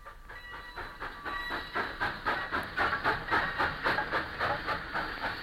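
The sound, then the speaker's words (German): A steam train chugs along with steady, rhythmic chuffs of hissing steam, the beat growing louder and more regular as it picks up pace, with a faint rail rattle beneath. “Schon am nächsten Tage fuhren die Gymnasiasten mit den schnaufenden Zügen heim.”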